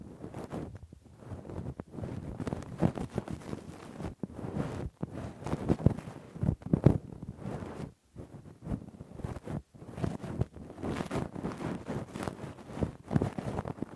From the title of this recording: Intense Rough Deep Ear Cleaning w Q-tip, Ear Pick